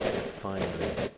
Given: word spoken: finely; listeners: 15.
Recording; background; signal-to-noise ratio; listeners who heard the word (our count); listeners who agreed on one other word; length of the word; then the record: one English word in noise, from a listening test; noise modulated by three-talker babble; -3.6 dB; 2 of 15; 7 of 15; 0.78 s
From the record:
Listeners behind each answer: 7, 2, 2, 1, 1, 1, 1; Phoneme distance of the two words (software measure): 7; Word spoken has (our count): 2 syllables, 5 phonemes, stress on syllable 1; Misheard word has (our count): 3 syllables, 6 phonemes, stress on syllable 1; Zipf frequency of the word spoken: 3.75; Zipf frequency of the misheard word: 5.14